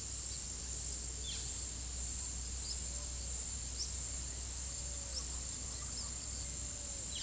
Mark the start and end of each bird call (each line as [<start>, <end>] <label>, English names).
[1.17, 1.58] Violaceous Jay